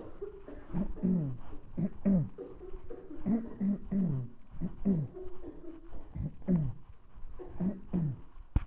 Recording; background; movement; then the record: throat clearing; a bystander coughing; walking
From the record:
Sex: male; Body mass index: 20.5 kg/m2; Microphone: on the chest, facing the body